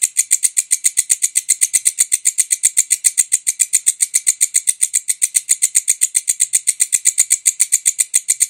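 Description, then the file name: Bush cricket giving a fast, even train of shrill buzzy pulses, continuing unbroken throughout. "suara walang kecek"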